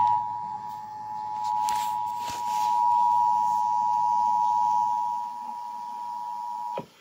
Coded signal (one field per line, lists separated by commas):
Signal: Emergency Alert System (SAME) tones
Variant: 853 and 960 Hz attention tone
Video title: Required Monthly Test on WESC EAS #8